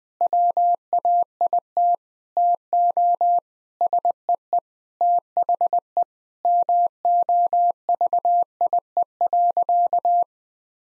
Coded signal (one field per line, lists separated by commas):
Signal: Morse code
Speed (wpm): 20 wpm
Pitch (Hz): 700 Hz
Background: none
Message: WAIT TO SEE THE MOVIE.